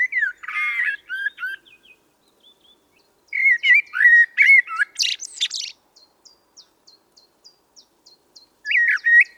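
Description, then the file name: Common blackbird song with rich fluted warbles followed by squeaky high flourishes; faint thin ticking notes repeat in the pause before another phrase begins. "Turdus merula"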